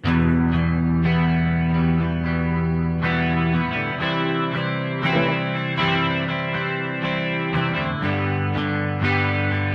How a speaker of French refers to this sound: On est à plein reverb sur le preset, il y en a encore. Parce qu'il y avait un espèce de délai qui se réverbe aussi.